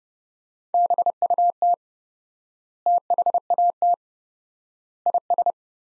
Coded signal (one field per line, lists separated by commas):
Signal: Morse code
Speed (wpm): 30 wpm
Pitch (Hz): 700 Hz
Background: none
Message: BUT THAT IS